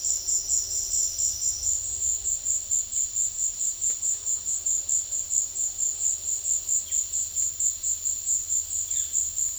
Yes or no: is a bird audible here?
yes